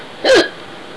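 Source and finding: Adult. Hiccup.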